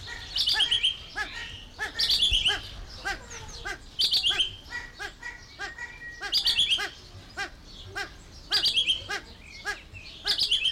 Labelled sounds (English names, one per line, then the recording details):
Satyr Tragopan call
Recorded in captivity
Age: adult
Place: Zoo Berlin, Berlin, DE
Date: 1992-06-20 12:15
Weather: wolkig-heiter, 20-24°C
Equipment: Marantz CP 430, Sennheiser ME 80, Kopie Tesla B 116
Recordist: Tembrock, Günter